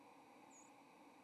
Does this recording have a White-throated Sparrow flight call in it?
yes